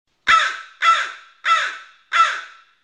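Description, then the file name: Crow cawing: four harsh, hoarse caws, each about half a second long, evenly spaced roughly every 0.6 seconds, with no other sounds. "Kalagh"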